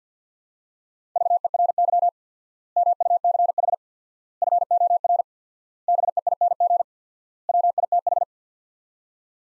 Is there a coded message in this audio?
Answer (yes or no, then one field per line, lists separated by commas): yes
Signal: Morse code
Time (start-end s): 1.2-8.2 s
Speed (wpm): 50 wpm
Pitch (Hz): 700 Hz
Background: none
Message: VERY MUCH FOR BEING WITH